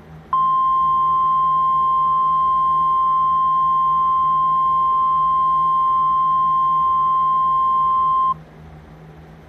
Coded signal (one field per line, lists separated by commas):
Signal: Emergency Alert System (SAME) tones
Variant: 1050 Hz attention tone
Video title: EAS mock- SLENDERMAN update